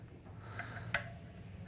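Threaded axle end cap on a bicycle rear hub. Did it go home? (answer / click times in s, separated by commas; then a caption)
released / 0.9 s. Two 5 mm Allen keys set in both ends of a Mavic bicycle rear hub axle are turned anti-clockwise, and the threaded metal axle end cap breaks free with a sharp snap at 0.9 s. Fainter ticks come at about 0.6 s and 1.7 s over a low steady hum. The end cap snaps loose and is released.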